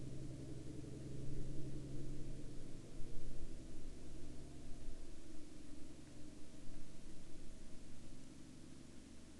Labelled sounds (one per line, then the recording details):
truck
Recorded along the Dalton Highway, Alaska, on 10 April 2019 at 06:10
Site 06